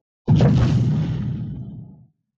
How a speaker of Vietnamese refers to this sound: Vang tiếng nổ điếc tai, chứng đạo thụ lắc lư.